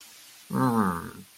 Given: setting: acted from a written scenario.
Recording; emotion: vocal sound without words; neutral